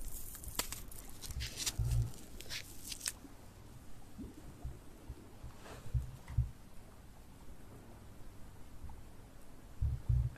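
An ear massage trigger with soft, muffled rubbing and deep thumping pressure pulses that recur irregularly, clustering around the second, sixth and tenth seconds. Bright, crinkly scratching bursts fill the first three seconds, then the sound settles into low, dull rustling.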